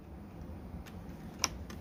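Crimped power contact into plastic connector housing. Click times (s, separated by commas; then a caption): 1.4 s. A flat screwdriver pushes a crimped power contact down into the plastic housing of a 30 amp PowerPole connector for a splitter. After a quiet stretch of faint low background noise, a sharp, bright click at 1.4 s marks the contact snapping into place, followed by a fainter tick at 1.7 s. The contact is seated in the housing.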